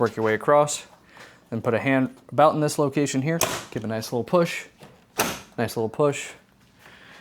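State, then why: Seated. A hand pushes on a Jeep JLU grille near the headlight bezel, pressing the plastic grille side clip into the retainer below the bezel. Someone talks throughout, and a single sharp snap is heard at 5.2 s as the clip seats home.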